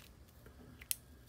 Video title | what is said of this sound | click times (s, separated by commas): Disassembly & Re-Pinning of LS Fan Connectors | and you can hear it click in | 0.9 s